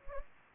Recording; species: mosquito wingbeat signal from an infrared sensor; Anopheles gambiae